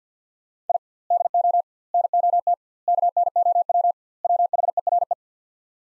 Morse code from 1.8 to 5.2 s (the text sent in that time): NOT KNOW WHERE